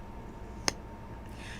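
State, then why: Released. A mascara wand cap is pulled out of its tube close to the mic, giving a single sharp pop at 0.7 s against a quiet background. The pop shows the mascara is fresh. No one talks during the clip.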